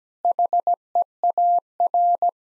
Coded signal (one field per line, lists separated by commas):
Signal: Morse code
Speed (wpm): 17 wpm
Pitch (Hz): 700 Hz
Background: none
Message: HEAR